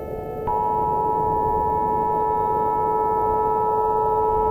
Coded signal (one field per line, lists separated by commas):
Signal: Emergency Alert System (SAME) tones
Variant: 853 and 960 Hz attention tone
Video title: [Short EAS Scenario] - Tornado Emergency